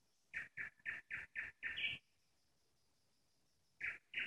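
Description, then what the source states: Nightingale singing a fast series of six loud throaty notes, the last stepping higher, then a long pause before two more notes. Nightingale singing in the Parus garden community, Moscow region (Podmoskovye).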